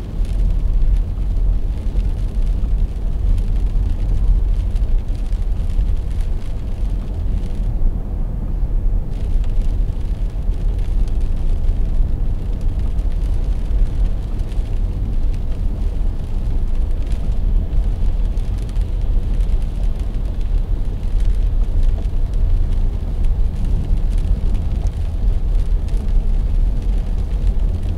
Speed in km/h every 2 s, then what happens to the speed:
69, 70, 71, 70, 70, 71, 71, 71, 72, 75, 75, 76, 77, 77.
0-28 steady at about 71.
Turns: none.